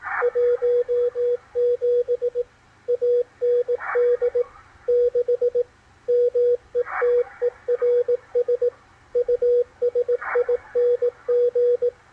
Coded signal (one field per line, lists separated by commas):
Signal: Morse code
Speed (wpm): 18 wpm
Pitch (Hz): 490 Hz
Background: radio noise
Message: 17 AND 6 METERS USING